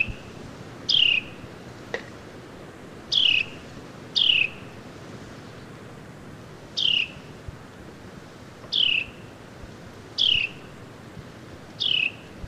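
Carolina wren calls: seven brief, sharp descending notes at irregular intervals.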